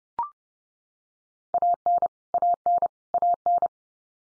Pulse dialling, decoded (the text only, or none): none